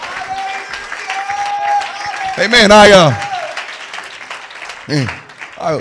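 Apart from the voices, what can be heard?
audience clapping hands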